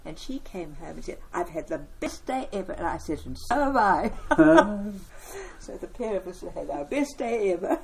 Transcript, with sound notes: And she came home and said “I’ve had the best day ever”, and I said “and so have I”. [Chuckle] So the pair of us had our best day ever.